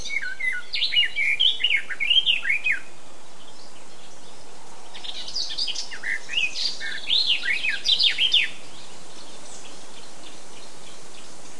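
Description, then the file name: Eurasian blackcap song: two bouts of fast, scratchy warbling with rising and falling notes, separated by a pause of a couple of seconds. "Sylvia atricapilla"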